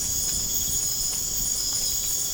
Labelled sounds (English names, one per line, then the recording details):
none
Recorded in pastures near Puerto Asís, Putumayo, Colombia, on 25 June 2025 at 02:00
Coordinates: 0.496, -76.326
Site GP01